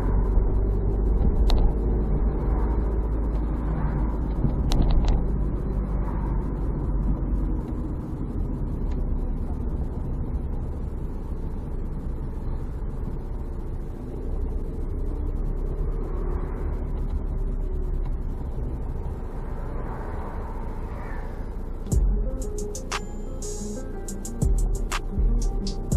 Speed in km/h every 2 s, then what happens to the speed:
32, 33, 33, 36, 29, 19, 15, 13, 15, 14, 9, 4, 0.
0-6 steady at about 33. 6-13 slows to 13. 13-18 steady at about 14. 18-23 slows to 0. 23-26 standing.